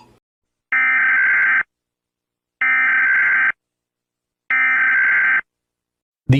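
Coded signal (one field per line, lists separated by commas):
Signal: Emergency Alert System (SAME) tones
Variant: header bursts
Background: speech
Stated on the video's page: Self-made simulated alarm.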